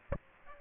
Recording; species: mosquito wingbeat signal from an infrared sensor; Aedes aegypti